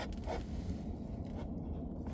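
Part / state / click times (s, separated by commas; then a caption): glovebox damper arm onto its mounting pin on the glovebox side / seated / 2.1 s. On a 2023 Ford Edge (2019–2024 style), after the cabin air filter has been pushed in, the glovebox damper arm is lined up and pushed down onto its mounting pin on the glovebox side. A steady low rumble and light rustling scrapes fill the clip until a click sounds at 2.1 s as the arm seats back on.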